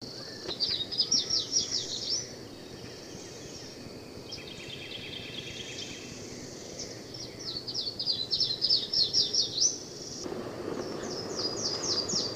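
Yellow-throated warbler singing three bouts of rapid, high, descending slurred whistles, with a softer, lower trill between the first and second bouts and a background hiss.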